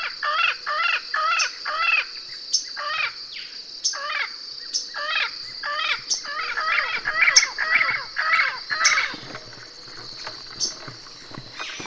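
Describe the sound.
Bird giving harsh, chevron-shaped calls repeated in quick series, about twice a second, over a steady high insect-like hum and occasional sharp clicks.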